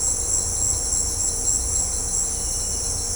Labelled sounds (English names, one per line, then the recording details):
none
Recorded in secondary vegetation near Puerto Asís, Putumayo, Colombia, on 18 December 2024 at 18:00
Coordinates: 0.502, -76.326
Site G028